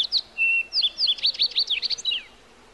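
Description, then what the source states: Bird song, a rapid tumbling phrase of high slurred whistles and chirps lasting about two seconds. Heard in the morning.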